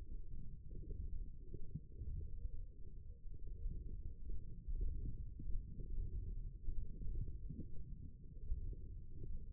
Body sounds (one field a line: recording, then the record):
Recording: forearm muscle sounds (acoustic myography)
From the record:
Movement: radial deviation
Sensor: system 1, eight BSWA MPA416 microphones around the upper forearm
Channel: 1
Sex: female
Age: 21 years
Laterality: right